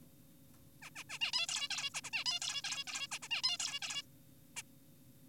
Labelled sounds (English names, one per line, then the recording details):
Zebra Finch
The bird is an adult
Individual g4p5U